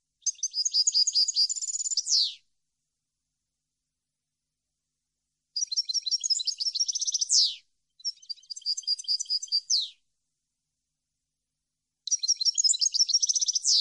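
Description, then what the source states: European goldfinch repeating lively twittering phrases, each about two seconds long and ending in a falling buzzy note, separated by pauses; a fourth phrase is cut off. Clean goldfinch song meant for birds to copy, for song training.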